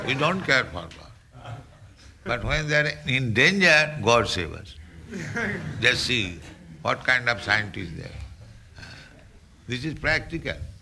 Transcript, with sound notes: We don't care for God." But when they are in danger, "God save us." [laughter] Just see what kind of scientists they are. This is practical.